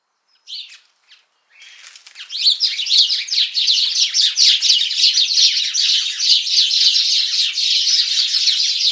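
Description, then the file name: House sparrow chirping, a few brief chirps then a dense, continuous chatter of overlapping cheeps. "Passer domesticus"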